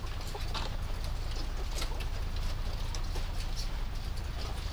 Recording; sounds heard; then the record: poultry house recording; sick chickens (respiratory disease)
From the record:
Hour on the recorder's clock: 5